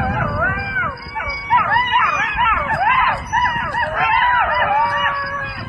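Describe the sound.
Dog howling and whining, several overlapping wavering, rising and falling cries with rich harmonics, almost continuous, over a steady low rumble.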